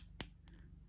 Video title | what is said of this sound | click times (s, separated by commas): METAL COOLER SH FIGUARTS DRAGON BALL Z - UNBOXING - FULL REVIEW - #dbz #cooler | it has like a little click so | 0.2 s